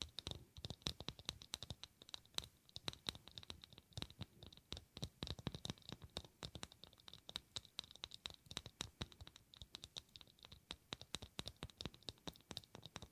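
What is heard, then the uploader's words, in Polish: Fingernails tap in a quick, uneven stream of sharp clicks, several each second for the whole stretch. The clicks are crisp and bright with a hard ticking edge, some louder than others, and faint scratchy rustling fills the short gaps between them. ASMR Tapping Dźwięki uderzania paznokciami.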